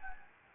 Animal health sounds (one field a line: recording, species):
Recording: mosquito wingbeat signal from an infrared sensor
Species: Anopheles gambiae